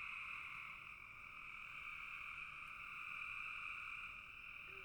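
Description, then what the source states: Frog chorus of steady, overlapping trills forming a continuous drone, with a faint click partway through. Frogs in a bog.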